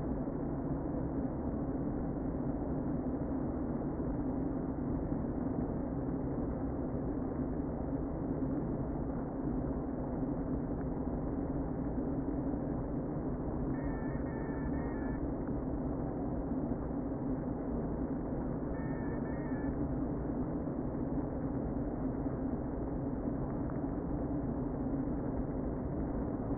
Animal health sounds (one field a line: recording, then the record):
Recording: honeybee colony, microphone inside the hive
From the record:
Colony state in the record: queen present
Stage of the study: before two queens were removed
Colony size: about 60,000 bees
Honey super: yes